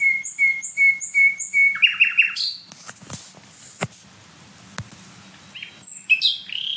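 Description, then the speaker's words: Common Nightingale song: repeated slurred whistles, a quick run of notes, then a pause with clicks and a few further phrases. Gurgling phrase within the song at night; bird very loud though smaller than a blackbird; sung between dense deadwood-filled core zones, no other birds singing. "Boah, was ist das für ein Glucksen?"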